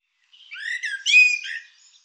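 Bird calling, a short phrase of squeaky, buzzy notes building to a louder slurred whistle and falling away into soft chirps.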